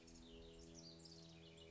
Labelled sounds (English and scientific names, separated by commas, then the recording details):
House Wren (Troglodytes aedon)
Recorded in Sonoma County, California